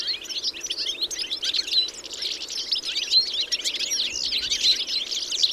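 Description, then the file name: European goldfinch twittering, a dense run of bright, liquid chirps and buzzy trills throughout. "Carduelis carduelis"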